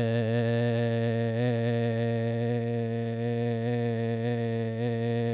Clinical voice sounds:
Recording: sustained vowel /e/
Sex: male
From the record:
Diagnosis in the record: Parkinson's disease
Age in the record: 72 years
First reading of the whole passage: 118 s, 4.4 characters per second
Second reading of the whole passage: 99 s, 5.2 characters per second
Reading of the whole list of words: 88 s, 3.2 characters per second

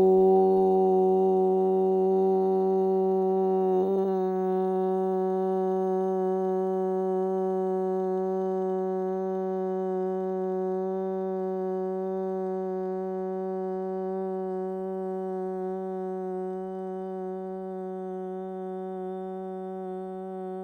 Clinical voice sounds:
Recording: sustained vowel /u/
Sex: female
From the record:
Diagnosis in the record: Parkinson's disease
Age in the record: 61 years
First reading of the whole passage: 53 s, 9.7 characters per second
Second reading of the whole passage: 51 s, 10.1 characters per second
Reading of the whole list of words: 49 s, 5.7 characters per second

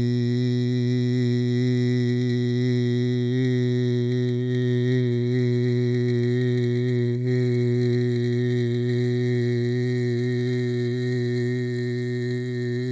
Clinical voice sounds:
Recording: sustained vowel /i/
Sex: male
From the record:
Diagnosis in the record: Parkinson's disease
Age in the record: 68 years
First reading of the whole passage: 85 s, 6.1 characters per second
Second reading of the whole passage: 63 s, 8.2 characters per second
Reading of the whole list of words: 49 s, 5.8 characters per second

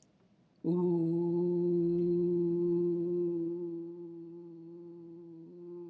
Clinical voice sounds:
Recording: sustained vowel /u/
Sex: female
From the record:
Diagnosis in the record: healthy control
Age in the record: 68 years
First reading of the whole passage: 56 s, 9.3 characters per second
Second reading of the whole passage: 53 s, 9.8 characters per second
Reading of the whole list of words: 52 s, 5.4 characters per second

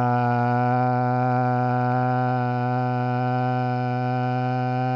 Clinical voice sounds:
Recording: sustained vowel /a/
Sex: male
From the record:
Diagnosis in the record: Parkinson's disease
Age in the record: 70 years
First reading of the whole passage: 65 s, 7.9 characters per second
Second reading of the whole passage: 60 s, 8.6 characters per second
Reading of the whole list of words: 48 s, 5.8 characters per second

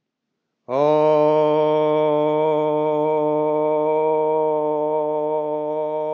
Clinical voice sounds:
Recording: sustained vowel /o/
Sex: male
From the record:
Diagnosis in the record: healthy control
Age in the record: 68 years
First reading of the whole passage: 60 s, 8.7 characters per second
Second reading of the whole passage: 55 s, 9.3 characters per second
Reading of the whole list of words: 43 s, 6.5 characters per second

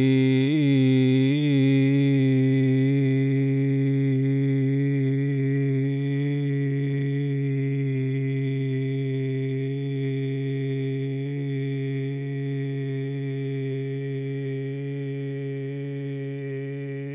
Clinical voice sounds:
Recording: sustained vowel /i/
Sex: male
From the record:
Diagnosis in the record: Parkinson's disease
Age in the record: 71 years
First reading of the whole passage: 50 s, 10.4 characters per second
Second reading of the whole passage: 45 s, 11.4 characters per second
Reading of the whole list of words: 37 s, 7.6 characters per second

